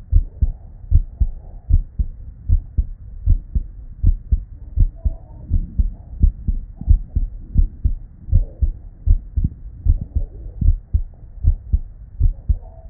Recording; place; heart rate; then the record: heart sounds by stethoscope; Erb's point; 79 bpm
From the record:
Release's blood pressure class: normal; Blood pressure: 115/69 mmHg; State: at rest